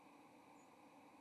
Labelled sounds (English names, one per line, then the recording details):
White-throated Sparrow flight call
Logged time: 06:58 on 30 October 2014